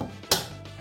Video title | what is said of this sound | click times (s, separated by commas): J'ACHÈTE un SET UP GAMING sur TEMU (arnaque?) | et du coup il y a un petit clic open. | 0.3 s